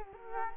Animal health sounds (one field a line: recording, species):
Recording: mosquito wingbeat signal from an infrared sensor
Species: Culex quinquefasciatus